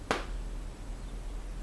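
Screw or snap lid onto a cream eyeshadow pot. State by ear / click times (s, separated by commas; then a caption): seated / 0.1 s. A screw or snap lid is pressed down onto a cream eyeshadow pot until it clicks shut, so the product does not dry out. A single sharp click is heard at 0.1 s, followed by quiet background hiss. The lid is seated.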